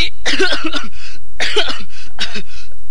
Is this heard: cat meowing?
no